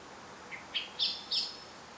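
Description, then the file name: Common blackbird call: a soft high note followed by three sharp, louder chinking notes. "Turdus merula"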